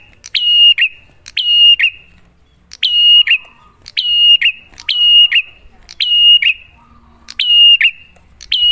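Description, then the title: Bar-winged prinia giving regular high phrases: a tick, a flat whistled note and a dropping buzz, repeated roughly every second. Duet of the Cililin and Kapas Tembak song styles, used as a lure to train prenjak; bird singing actively (gacor) with a clear voice. "Masteran Duet Cililin Vs Kapas Tembak. Pancingan Prenjak Gacor Suara Jernih"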